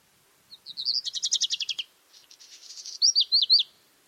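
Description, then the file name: Black redstart song: a few high whistled notes, a fast rattled trill, a scratchy crackling middle, and closing sharp down-slurred whistles. Vercors, Roman quarries; 4 June 2020. "rougequeue noir vercors carrieres romaines 4 juin 2020"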